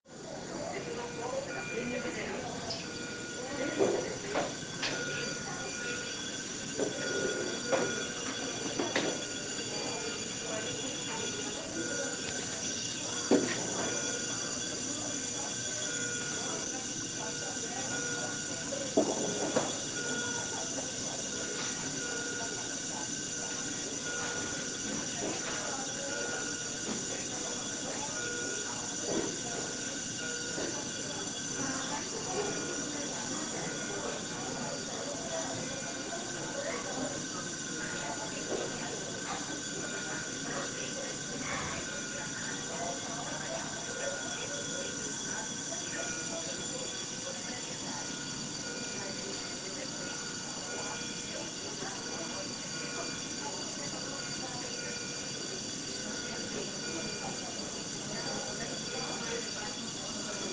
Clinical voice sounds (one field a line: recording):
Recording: hospital ward noise